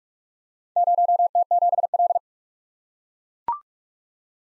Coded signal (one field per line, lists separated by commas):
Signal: Morse code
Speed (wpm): 44 wpm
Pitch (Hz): 700 Hz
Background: none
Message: 0T7L